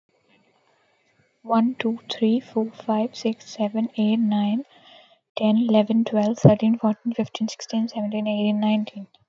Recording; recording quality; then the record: counting at a fast pace; excellent, no background noise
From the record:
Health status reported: healthy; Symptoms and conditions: none ticked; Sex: female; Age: 23 years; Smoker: not ticked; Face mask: not worn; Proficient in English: yes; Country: India